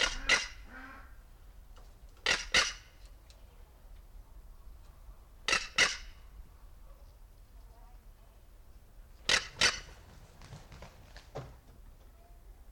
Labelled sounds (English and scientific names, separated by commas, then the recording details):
Crested Caracara (Caracara plancus)
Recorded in captivity
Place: Timmendorfer Strand, Holsteinische Schweiz, Schleswig-Holstein, DE
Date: 1992-09-21 15:20
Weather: sonnig, 22°C
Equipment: Marantz CP 430, Sennheiser ME 80, Kopie Tesla B 116
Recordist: Tembrock, Günter
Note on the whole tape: Vogelpark Niendorf; P. p. plancus; Schnarrlaute, Abstand 1 m